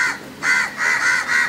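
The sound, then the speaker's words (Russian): A raven caws loudly several times in quick succession, each call a harsh, rasping croak with a steady rhythm and no voices present. “Но ты ведь тоже ворон.”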